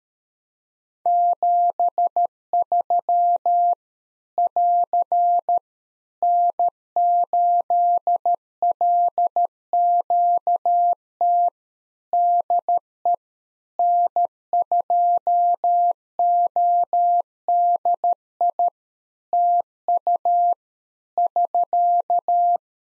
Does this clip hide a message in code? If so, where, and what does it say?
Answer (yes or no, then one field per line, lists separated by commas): yes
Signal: Morse code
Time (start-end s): 1.1-22.6 s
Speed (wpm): 13 wpm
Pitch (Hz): 700 Hz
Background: none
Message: 73 <AR> N8LQT DE N2ODI TU <SK>